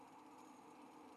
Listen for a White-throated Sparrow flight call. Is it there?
no